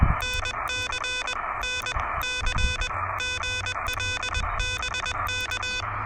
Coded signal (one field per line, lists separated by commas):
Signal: Morse code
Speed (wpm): 21 wpm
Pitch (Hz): 2500 Hz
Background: music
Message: NC NC GL BK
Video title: Pedestrian Mobile POTA Hunting: Testing the new TinyPaddle KH1 Adapter and Working with Urban QRM!